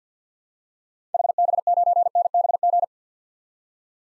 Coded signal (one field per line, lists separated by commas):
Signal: Morse code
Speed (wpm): 50 wpm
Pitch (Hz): 700 Hz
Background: none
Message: HB9NBG